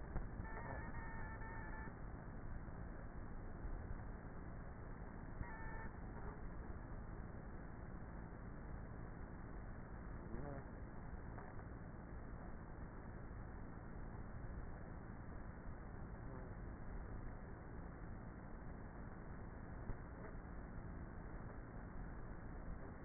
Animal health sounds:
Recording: honeybee colony, microphone inside the hive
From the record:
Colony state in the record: queenless with a low population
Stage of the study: before two queens were removed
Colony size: about 30,000 bees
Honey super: no

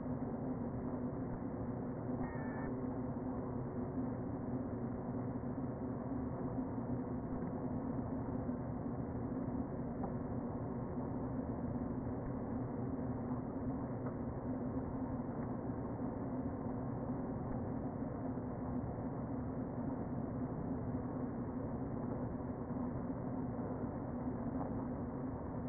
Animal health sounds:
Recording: honeybee colony, microphone inside the hive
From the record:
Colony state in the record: queen present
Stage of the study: before two queens were removed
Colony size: about 60,000 bees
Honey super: yes

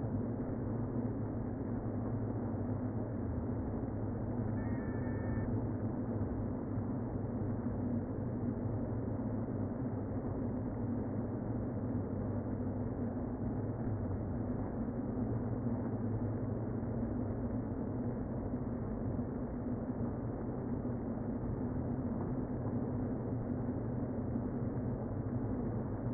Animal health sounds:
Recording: honeybee colony, microphone inside the hive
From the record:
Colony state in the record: queen present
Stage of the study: before two queens were removed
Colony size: about 60,000 bees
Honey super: yes

